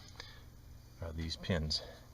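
A locking pin that holds a removable folding bed frame between a van's wheel wells is handled, with a short sharp metallic hit at 0.2 s, and then someone talks. The pin has not locked into place yet; nothing has seated or clicked.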